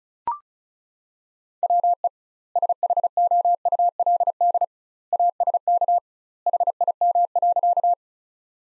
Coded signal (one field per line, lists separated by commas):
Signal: Morse code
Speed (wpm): 36 wpm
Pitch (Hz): 700 Hz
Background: none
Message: WE SHOULD ASK HIM.